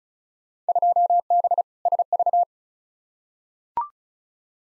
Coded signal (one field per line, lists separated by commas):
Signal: Morse code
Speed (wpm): 36 wpm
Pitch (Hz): 700 Hz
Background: none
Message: 2B SV